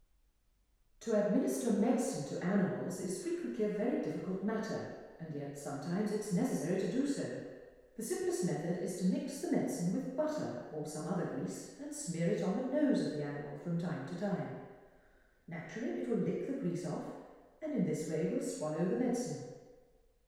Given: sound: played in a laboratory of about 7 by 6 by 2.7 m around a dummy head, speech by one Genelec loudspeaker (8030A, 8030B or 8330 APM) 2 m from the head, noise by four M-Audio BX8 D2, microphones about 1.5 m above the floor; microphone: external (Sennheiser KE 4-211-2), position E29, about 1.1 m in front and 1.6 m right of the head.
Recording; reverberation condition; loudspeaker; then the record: female speech in English; high; in front (0 degrees)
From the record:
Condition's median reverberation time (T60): about 1300 ms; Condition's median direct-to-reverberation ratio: about -4.0 dB